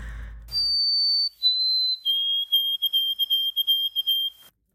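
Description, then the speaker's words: White-throated Sparrow song: clear whistled notes stepping down in pitch, then a run of short whistles repeated quickly at the same lower pitch. Played example of the new song version, which emerged in British Columbia in the 1960s; eastern birds learned it at shared United States wintering grounds, largely replacing the old version within decades. "So here's the new version of the song, which our listeners might unfortunately or now be more familiar with."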